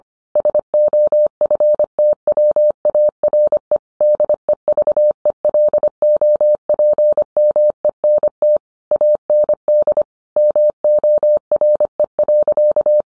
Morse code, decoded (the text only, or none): SOFTWARE DEVELOPMENT AND MORE.